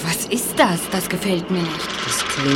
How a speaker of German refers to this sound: Es ist nichts Gefährliches. Kein Tier. Das ist nur die Schrottmühle. Schrottmühle? Das ist alles? Das hörte sich an, als hielten sämtliche Gorillas der Umgebung hier ein Palaver ab.